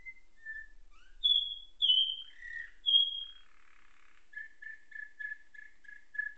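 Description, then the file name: Atlantic canary song mixing pure sliding whistles at varied pitches, a brief scratchy passage, then a run of short repeated chipping notes. Canary singing nightingale-style song (isian nightingale), learned through tutoring with nightingale song. "suara kenari isian nightingale"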